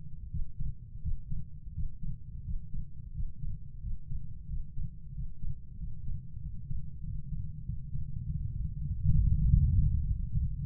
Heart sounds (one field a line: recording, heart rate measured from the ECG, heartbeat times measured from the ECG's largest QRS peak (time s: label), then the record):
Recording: heart sounds by stethoscope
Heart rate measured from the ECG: 93 bpm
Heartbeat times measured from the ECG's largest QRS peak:
0.29 s: heartbeat
1.01 s: heartbeat
1.73 s: heartbeat
2.43 s: heartbeat
3.13 s: heartbeat
3.80 s: heartbeat
4.47 s: heartbeat
5.13 s: heartbeat
5.77 s: heartbeat
6.40 s: heartbeat
7.02 s: heartbeat
7.64 s: heartbeat
8.24 s: heartbeat
8.85 s: heartbeat
9.45 s: heartbeat
10.03 s: heartbeat
10.63 s: heartbeat
From the record:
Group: healthy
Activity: Valsalva maneuver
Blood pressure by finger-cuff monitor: 122/85 mmHg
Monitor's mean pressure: 94 mmHg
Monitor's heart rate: 90 bpm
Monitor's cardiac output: 5.5 L/min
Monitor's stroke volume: 62 mL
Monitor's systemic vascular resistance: 1240 dyn s/cm5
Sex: female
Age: 43 years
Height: 160 cm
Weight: 90 kg